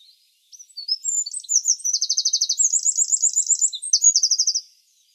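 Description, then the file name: Eurasian wren song: a high, loud four-second run of rapid, evenly pulsed trills and brief chirps, starting after a short quiet moment and stopping cleanly. "Troglodytes troglodytes"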